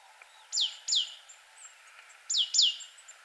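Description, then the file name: Great tit calls: two pairs of clear, sharply falling high notes, against soft background hiss. "Parus major"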